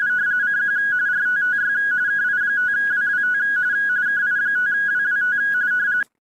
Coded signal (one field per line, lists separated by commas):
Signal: RTTY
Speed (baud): 45.45 baud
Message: CQ RTTY KI5WWT KI5WWT